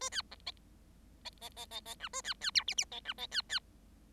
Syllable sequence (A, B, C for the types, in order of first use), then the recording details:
A B C D D D D D D E A B B F G G D E D B B. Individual Bird7